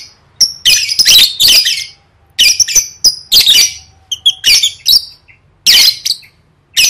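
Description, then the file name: Lovebird screeching in long rasping bursts and clipped squawks, a loud run, a pause, then more harsh calls. "tieng vet mau don"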